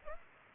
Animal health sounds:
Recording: mosquito wingbeat signal from an infrared sensor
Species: Aedes aegypti

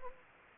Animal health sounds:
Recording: mosquito wingbeat signal from an infrared sensor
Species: Anopheles gambiae

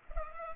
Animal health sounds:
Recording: mosquito wingbeat signal from an infrared sensor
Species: Culex pipiens

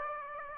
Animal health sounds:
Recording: mosquito wingbeat signal from an infrared sensor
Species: Aedes aegypti

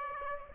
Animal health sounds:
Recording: mosquito wingbeat signal from an infrared sensor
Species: Aedes aegypti

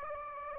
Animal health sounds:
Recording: mosquito wingbeat signal from an infrared sensor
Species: Aedes aegypti

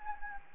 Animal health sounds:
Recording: mosquito wingbeat signal from an infrared sensor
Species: Anopheles gambiae

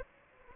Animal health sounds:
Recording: mosquito wingbeat signal from an infrared sensor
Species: Anopheles gambiae

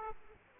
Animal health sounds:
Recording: mosquito wingbeat signal from an infrared sensor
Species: Aedes aegypti

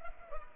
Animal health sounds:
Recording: mosquito wingbeat signal from an infrared sensor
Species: Culex pipiens

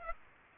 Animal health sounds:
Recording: mosquito wingbeat signal from an infrared sensor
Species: Aedes aegypti

